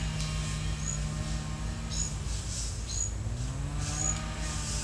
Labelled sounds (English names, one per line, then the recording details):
none
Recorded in secondary vegetation near Puerto Asís, Putumayo, Colombia, on 22 December 2024 at 09:30
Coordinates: 0.499, -76.323
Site G010